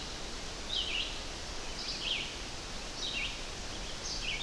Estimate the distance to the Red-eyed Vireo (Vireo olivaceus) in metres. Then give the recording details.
about 25 m. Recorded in boreal forest in Alberta, Canada, on 12 June 2016 at 06:38. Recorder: SongMeter 3, array SBT-3-18. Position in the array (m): 237 m, 101 m